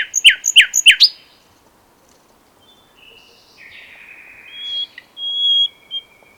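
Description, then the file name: Common nightingale song: a few loud, sharp descending notes, then a quiet spell followed by clear whistled and slurred phrases. "Luscinia megarhynchos"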